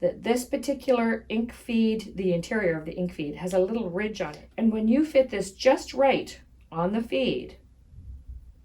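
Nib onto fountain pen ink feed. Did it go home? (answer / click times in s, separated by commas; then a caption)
no / none. A metal nib is being fitted onto a plastic fountain pen ink feed whose interior has a little ridge that stops it, while someone talks throughout. The nib has not yet snapped or seated onto the feed by the end of the clip.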